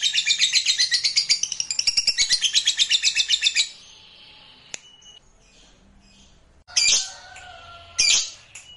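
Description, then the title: Lovebird song, a burst of rapid shrill chattering for under four seconds, then quiet with two short harsh squawks near the end. Recording meant to spur a reluctant lovebird into spontaneous, eager, sustained singing. "LOVEBIRD Malas Bunyi JADI GREGET SPONTAN Langsung NARIK"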